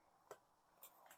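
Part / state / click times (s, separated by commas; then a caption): plastic side panel into printed guide slot of phone holder / seated / 0.3 s. A 3D-printed plastic side panel is lined up with the printed guide slot on a shower phone holder and slid in. It snaps home with a sharp click at 0.3 s, and fainter ticks follow around 0.8 s and 1.1 s. The panel is seated in the guide.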